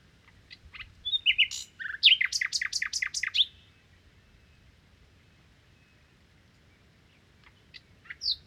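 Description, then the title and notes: Common nightingale song: a loud phrase of mixed notes building into a rapid series of sharp repeated chirps, then silence and a couple of short notes at the end. Nightingale song recorded 1 May 2019 in the Crau, Bouches-du-Rhône, France, with a Nagra Seven recorder, comparing cardioid (MKH8040) and omnidirectional (MKH8020) microphones. "Crau - Bouches du Rhône. Rossignol philomèle"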